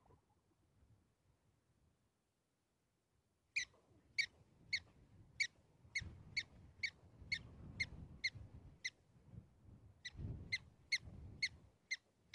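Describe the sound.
Prairie dog chirps begin after a few quiet seconds, then sharp high notes repeat steadily, with a short break, over low rumbling noise.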